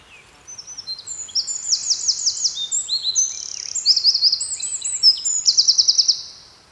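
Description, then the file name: Eurasian wren song, a loud rush of very high, bright notes interspersed with quick trills, ending in a fast rattling trill near the end. "Troglodytes troglodytes"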